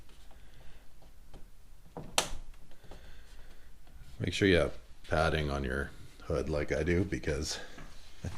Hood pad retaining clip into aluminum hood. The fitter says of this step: You're just going to push on these and they should click down. Yeah, you can hear it.